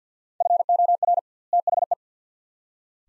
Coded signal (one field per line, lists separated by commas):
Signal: Morse code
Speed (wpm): 50 wpm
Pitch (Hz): 700 Hz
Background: none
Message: FOR THE